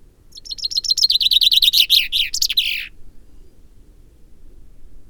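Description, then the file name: Common chaffinch song, a single bright phrase of rapid repeated notes closing with a short downward flourish, then near silence. "Fringilla coelebs"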